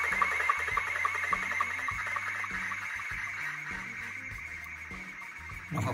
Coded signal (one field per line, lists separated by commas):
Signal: SSTV (slow-scan television)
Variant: Scottie 2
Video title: SSTV 27MHz 11m